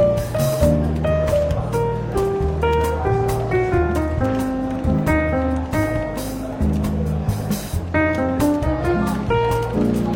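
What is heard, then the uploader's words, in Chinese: Soft jazz plays steadily with a walking bass line and bright melodic notes, over a faint murmur of bookshop café chatter and clinks. 伦敦书店咖啡馆轻微喧闹氛围与柔和轻松的爵士背景音乐。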